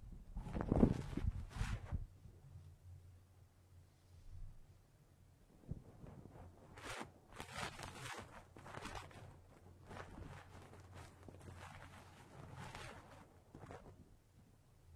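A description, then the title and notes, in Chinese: Ear-cleaning ASMR triggers open with a loud, rough scraping burst in the first two seconds. Quieter scratchy, rustling strokes then come irregularly, with brighter crisp bursts around seven to nine and twelve to thirteen seconds. A steady low hum runs underneath throughout. 8D掏耳朵！360° 环绕触发。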